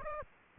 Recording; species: mosquito wingbeat signal from an infrared sensor; Aedes aegypti